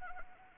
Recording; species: mosquito wingbeat signal from an infrared sensor; Anopheles gambiae